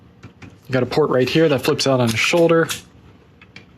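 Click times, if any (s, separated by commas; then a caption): none. Someone talks while handling a prototype Transformers Generations HasLab Legacy Deathsaurus action figure, with a port flipping out on its shoulder to take a plastic shield accessory. Faint plastic ticks sound around 0.2 and 0.4 s before the talk and around 3.4 and 3.6 s after it. Nothing has seated yet; the shield has not popped into the shoulder port.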